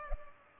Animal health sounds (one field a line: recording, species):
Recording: mosquito wingbeat signal from an infrared sensor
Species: Culex pipiens